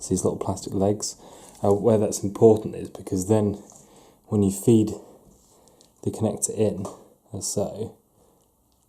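Someone talks while a crimped wiring terminal, with its little plastic locking legs, is fed into the back of a plastic wiring loom connector housing for a Honda Civic EF with a B18C4 engine. Only faint handling ticks come through around 5.7 and 5.8 seconds between the speech. The clip ends before the terminal goes home, so nothing has seated or clicked yet.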